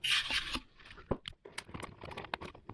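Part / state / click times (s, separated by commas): plastic coolant line clip into its mount under the wheel well / seated / 2.3 s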